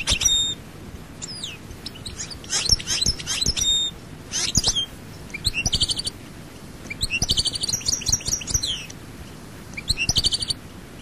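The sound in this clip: European goldfinch song in short bursts of rapid, tinkling twitters and buzzy notes, broken by pauses, with sharp clicks.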